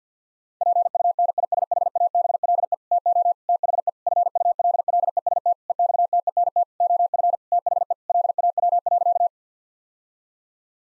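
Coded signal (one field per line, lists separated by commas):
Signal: Morse code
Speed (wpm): 50 wpm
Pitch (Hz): 700 Hz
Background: none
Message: PUNISHABLE TO THE FULLEST EXTENT OF THE LAW.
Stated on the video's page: Morse practice at 50 wpm: sentences of common seven-word phrases for head-copy drill.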